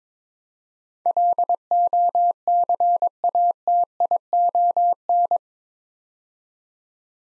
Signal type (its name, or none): Morse code